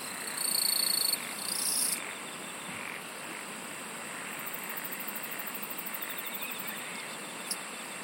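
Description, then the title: Insect trilling: two quick, high buzzy bursts near the start, then fainter rhythmic pulsing through a constant noisy background. "SINGING OF INSECTS"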